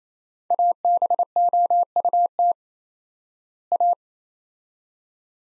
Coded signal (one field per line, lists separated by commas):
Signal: Morse code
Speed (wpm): 28 wpm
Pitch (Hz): 700 Hz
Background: none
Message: ABOUT A